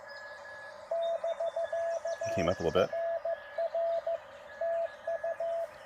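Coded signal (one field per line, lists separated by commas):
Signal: Morse code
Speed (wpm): 16 wpm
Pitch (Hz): 670 Hz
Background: speech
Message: <BK>RR TU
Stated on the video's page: CW POTA activation at Lake Alma with a Penntek TR-45L, CW paddles, battery power and a homebrew 40 m EFHW antenna.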